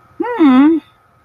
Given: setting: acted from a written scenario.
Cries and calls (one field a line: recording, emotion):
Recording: vocal sound without words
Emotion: confusion